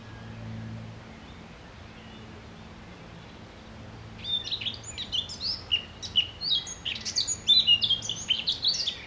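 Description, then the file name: Eurasian blackcap song: quiet low hum for about four seconds, then a sudden stream of quick warbled notes and bright whistles. "Sylvia atricapilla"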